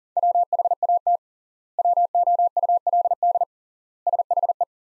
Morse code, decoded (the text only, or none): WHAT WOULD SHE